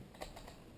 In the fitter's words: Actually hear when it hits into that detent because you'll hear it snap.